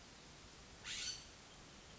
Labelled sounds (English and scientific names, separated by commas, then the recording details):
California Scrub-Jay (Aphelocoma californica)
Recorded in Sonoma County, California